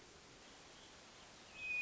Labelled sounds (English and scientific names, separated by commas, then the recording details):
Hermit Thrush (Catharus guttatus)
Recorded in Sonoma County, California